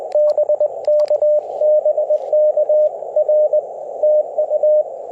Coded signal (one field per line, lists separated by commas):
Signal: Morse code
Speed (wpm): 21 wpm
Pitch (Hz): 600 Hz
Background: radio noise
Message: BK BK R TU